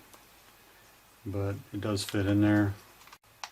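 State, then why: Not seated. A 9 volt battery is being handled into the tight battery compartment of a small handheld hobby model vacuum while someone talks, with a brief sharp tick near 3.4 seconds. Nothing has seated or clicked yet; the clip ends just before the battery goes home.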